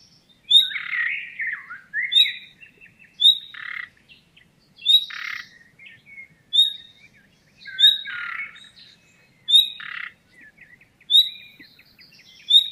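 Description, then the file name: Common nightingale giving clear rising whistled notes about every one and a half seconds, interspersed with rough croaking rattles and short twittering phrases. "Luscinia megarhynchos"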